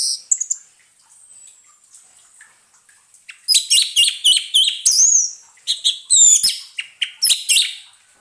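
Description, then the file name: Orange-headed thrush song, a lively run of varied chirping and whistled phrases after a few short opening notes. Therapy sound to get an orange-headed thrush that has stopped singing to sing again. "terapi suara anis merah macet bunyi"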